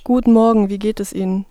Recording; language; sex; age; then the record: spoken sentence; German; female; 20 to 29 years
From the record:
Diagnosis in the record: dysodia (singing voice disorder); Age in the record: 23 years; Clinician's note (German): Leichte beginnende hyperfunktionelle Dysphonie mit sehr enger Artikulation